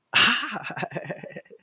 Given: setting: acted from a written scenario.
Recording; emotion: vocal sound without words; positive surprise